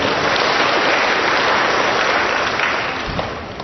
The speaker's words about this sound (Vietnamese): Cho một tràng pháo tay thưa anh chị em.